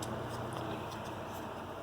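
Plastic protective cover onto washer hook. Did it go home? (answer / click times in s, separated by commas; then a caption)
no / none. A plastic protective cover on a Maytag Bravo washing machine is held and lined up on its retaining hook before being pushed down, during a repair. Only a steady, even broadband noise with a low hum is heard, with no distinct clicks or sharp sounds. The cover has not clicked into place yet.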